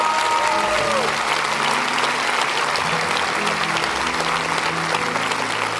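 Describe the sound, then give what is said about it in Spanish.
Sustained applause from a crowd during a prayer, given for people who have stood up, dense and steady at a loud, even level for several seconds, with a few faint tonal sounds briefly rising above the clapping. “Anímelos a dar, denles un aplauso.”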